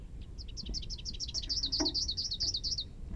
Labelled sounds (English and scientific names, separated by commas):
Rufous-capped Warbler (Basileuterus rufifrons) song